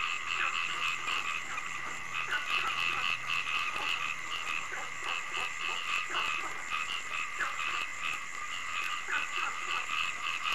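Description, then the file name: Frog chorus with fast, irregular croaking, set against a persistent shrill droning hum. Frogs calling at night. "Tieng ech nhai keu ban dem"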